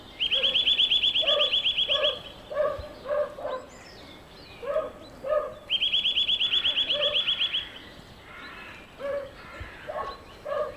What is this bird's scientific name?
Sitta europaea